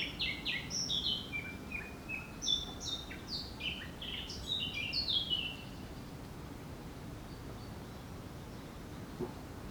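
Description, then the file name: Eurasian blackcap warbling song of quick, varied whistled notes for about five seconds, then only a steady low background hiss. "Sylvia atricapilla"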